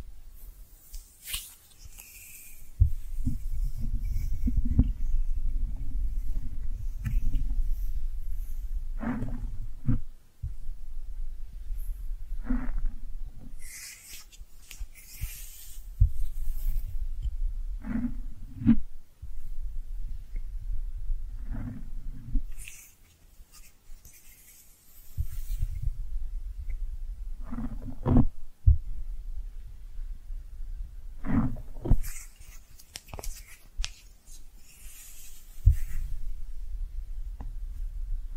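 Brushing sounds run in long, dense stretches of low, soft rubbing, broken by brief pauses near 10, 19 and 25 seconds. Short crisp, wet squishy clicks and taps cut through every few seconds, especially around 14, 18, 22, 28 and 32 seconds.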